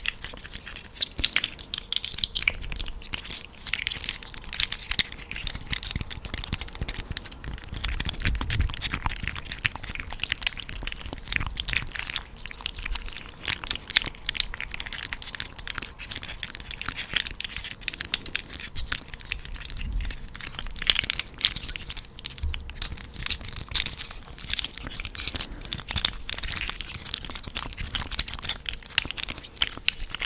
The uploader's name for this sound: mouth sounds, facial globes and slugs